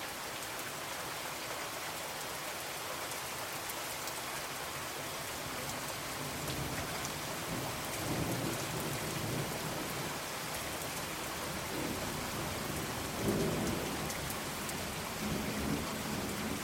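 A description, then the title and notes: Heavy rain pours down steadily, a dense hiss filling everything from low to bright with fine scattered drop ticks on top. A low rumbling swell builds from around eight seconds, with a slightly louder surge near thirteen seconds. Rainy Serenity Deep Sleep with Soothing Heavy Rain Sounds.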